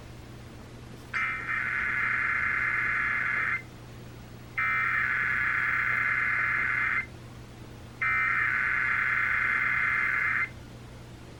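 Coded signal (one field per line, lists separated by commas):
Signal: Emergency Alert System (SAME) tones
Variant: header bursts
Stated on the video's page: Required monthly test received on weather and FM radios with heavy static, possibly from wind or radios interfering with each other.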